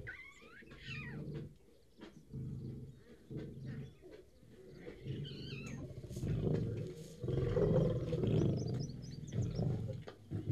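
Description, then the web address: Lion producing a run of deep grunting roars that grow louder toward the end, with chirping birds calling above. "лев"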